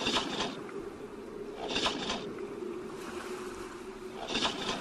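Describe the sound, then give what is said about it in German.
A boat engine is cranked three times without catching as the boat tries to cast off, each short grinding burst rising over a steady low rumble of water and wind, with pauses between attempts. “Der Motor startet nicht.”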